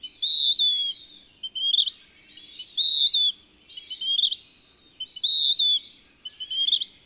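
Bird song of loud, clear whistled phrases broken by short sharp chirps, the sequence repeating about every two and a half seconds, faint low hum beneath.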